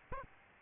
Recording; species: mosquito wingbeat signal from an infrared sensor; Aedes albopictus